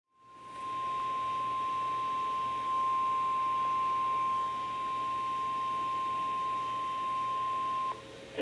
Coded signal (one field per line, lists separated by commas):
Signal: Emergency Alert System (SAME) tones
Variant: 1050 Hz attention tone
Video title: (EAS #390) Severe Thunderstorm Warning (KEC56)